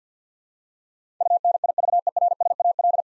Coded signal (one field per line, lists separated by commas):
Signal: Morse code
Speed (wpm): 50 wpm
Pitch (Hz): 700 Hz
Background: none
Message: UNIVERSAL